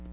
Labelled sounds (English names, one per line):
Black-throated Blue Warbler flight call